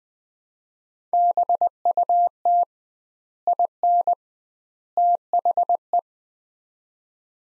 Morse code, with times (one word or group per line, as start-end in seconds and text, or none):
1.1-2.6 BUT
3.5-4.1 IN
5.0-6.0 THE